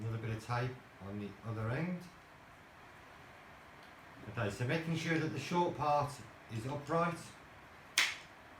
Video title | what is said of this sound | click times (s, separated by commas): Printtable Y Axis Rods and X Carriage Assembly Build Sequence 6 | Push that in, get a nice little clicking on there. | 8.0 s